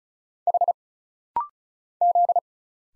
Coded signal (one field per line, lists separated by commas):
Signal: Morse code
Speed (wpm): 34 wpm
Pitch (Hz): 700 Hz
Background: none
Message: H Z